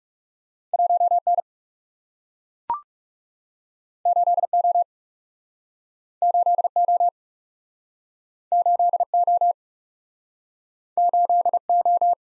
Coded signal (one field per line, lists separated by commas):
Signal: Morse code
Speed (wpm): 38 wpm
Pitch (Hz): 700 Hz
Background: none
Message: 1 N 8 O 8 O 8 O 8 O